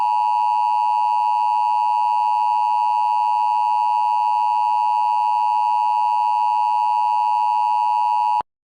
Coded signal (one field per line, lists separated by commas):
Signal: Emergency Alert System (SAME) tones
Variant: 853 and 960 Hz attention tone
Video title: Hanazuki: Full Of Treasures Full EAS Scenario